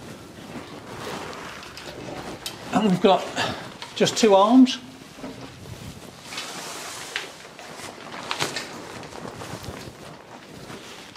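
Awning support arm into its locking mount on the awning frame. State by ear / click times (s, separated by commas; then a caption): not seated / none. A Direct 4x4 side awning is being set up on an Overland camper, and someone talks while handling its two support arms, swinging them toward their locking mounts on the awning frame. Short handling knocks and rattles are heard around 7.2 s and 8.3 s over faint wind-like background noise. Nothing has seated or locked into place yet.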